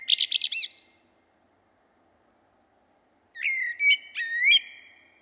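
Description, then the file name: Common blackbird song: a high twittering burst, a pause, then a fluted whistled phrase mixed with squeaky high notes. "Turdus merula"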